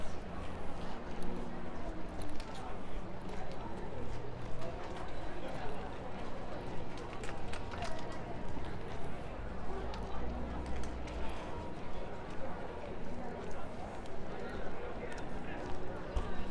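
Street sounds from a march or protest: a dense, constant crowd murmur of many overlapping voices fills the whole stretch. Scattered sharp clicks and knocks, like footsteps or hooves, pop through, with a low steady rumble underneath that swells slightly around ten seconds.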